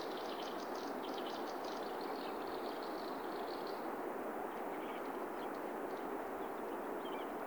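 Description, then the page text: Swinhoe's snipe giving fast, pulsed high calls for about four seconds, then fading, all against constant heavy background noise. "Patrick Franke - Лесной дупель (Gallinago megala)"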